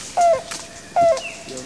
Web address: Mountain Trogon